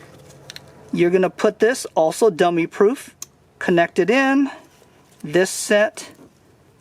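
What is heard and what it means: A harness connector for a Hansshow Ultra Mini Screen Display on a Tesla Model Y / 3 is unclipped from its mate, giving a sharp click at 0.5 s as it releases. Someone then talks for the rest of the clip.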